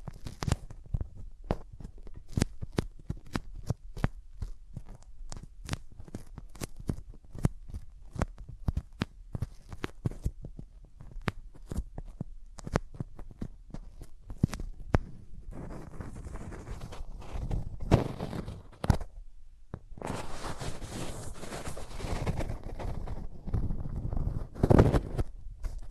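Close-up hand sounds against the ears, with no talking. For the first fifteen seconds sharp, crisp taps and clicks come quickly and unevenly. After that the hands rub in longer, fuller swishing strokes, growing louder toward the end with a strong burst near 25 seconds.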